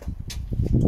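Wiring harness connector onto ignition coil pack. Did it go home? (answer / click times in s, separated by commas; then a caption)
no / none. A plastic wiring harness connector is handled against an Audi R8 ignition coil pack during an Mx5 coil pack conversion, on a second try at pushing it on. Low rumbling handling noise builds into a few faint, sharp ticks from about 0.5 to 0.9 s. Nothing has seated or clicked yet.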